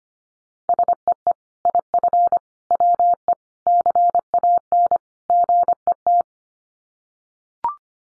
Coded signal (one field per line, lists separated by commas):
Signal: Morse code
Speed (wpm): 25 wpm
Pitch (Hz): 700 Hz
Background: none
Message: SEE IF WE CAN GET